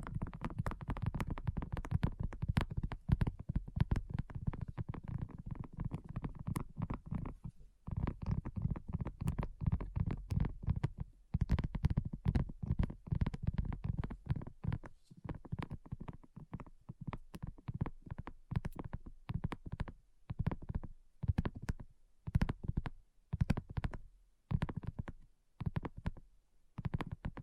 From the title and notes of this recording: ASMR Addictive Tapping. (No Talking).